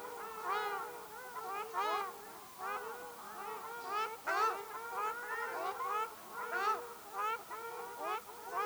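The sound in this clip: Ruddy shelduck honking calls, nasal arched notes from several birds overlapping in a busy chorus.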